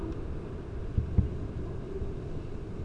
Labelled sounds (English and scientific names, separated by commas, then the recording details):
none
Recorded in Germany
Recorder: ecoPi